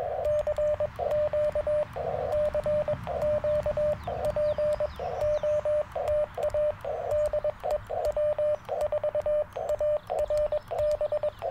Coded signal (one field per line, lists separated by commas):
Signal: Morse code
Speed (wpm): 21 wpm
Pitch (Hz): 600 Hz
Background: radio noise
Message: CQ CQ POTA DE W4ARB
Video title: Morning Morse Code - 04/16/2024